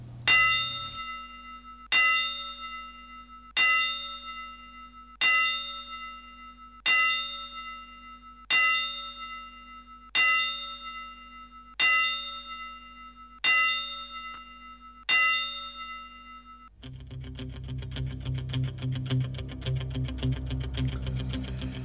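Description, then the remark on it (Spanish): A boxing bell rings ten times in a slow, steady rhythm as a tribute to the late boxer Oscar "Metralleta" Chaile, each bright metallic strike decaying before the next, then a dense, buzzing musical wash takes over. “Por eso le pedimos a Dani las 10 campanadas para este joven que seguramente quedará en el recuerdo de todos los catamarqueños que lo han visto subir a las diferentes cuadriláteros.”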